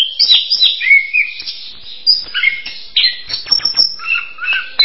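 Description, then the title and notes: Bird song: a rapid, varied run of high chirps, trills and short whistled slurs, tumbling along without pause. "Bird Sound. Kicau Burung Lengkap"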